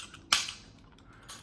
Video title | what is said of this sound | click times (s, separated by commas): EDC / Every Day Carry Pistols 2024 | but at the moment I just don't need it so this locks in place like this | 0.3 s